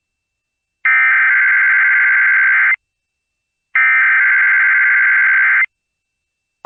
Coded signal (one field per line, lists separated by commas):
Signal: Emergency Alert System (SAME) tones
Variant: header bursts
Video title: EAS 2x Required Monthly Test Florida/New Hampshire NOAA Weather Radio and AM/FM +WeatherSTAR4000